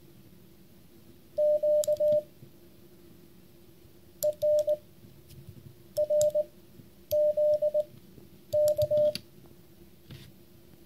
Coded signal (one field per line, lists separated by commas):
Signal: Morse code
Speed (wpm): 20 wpm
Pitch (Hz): 600 Hz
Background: none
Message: Q EN R Z K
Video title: vibroplex CODE WARRIOR JR.